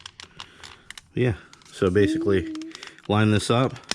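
A plastic gauge pod trim panel, one of its tabs broken, is lined up on the dashboard of a 2018 Camaro SS during a Banks iDash gauge install. Several short sharp taps of plastic handling come in the first second, and then someone talks. Nothing has seated or clicked into place yet when the clip ends.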